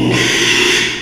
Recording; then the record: squeal of a Yucatan mini pig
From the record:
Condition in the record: after surgery on the right vocal fold (resection and tissue-engineered implant); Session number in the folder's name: 1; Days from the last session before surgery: 6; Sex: male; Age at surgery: 12 weeks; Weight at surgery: 13 kg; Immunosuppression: cyclosporine, prednisolone